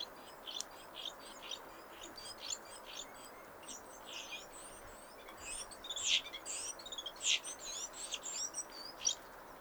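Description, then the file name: Great tit calling with high, thin chirps and short sliding notes in irregular bursts, growing louder and denser toward the end. "Parus major"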